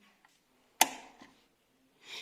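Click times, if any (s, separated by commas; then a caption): 0.8 s. A bobbin case is pushed into a sewing machine's shuttle hook, its finger pointing up into the slot, and pressed until it clicks. After a faint tap at 0.2 s, a sharp, loud click rings out at 0.8 s and decays with a softer knock near 1.2 s, then a brief rustle near 2.1 s. The bobbin case is seated.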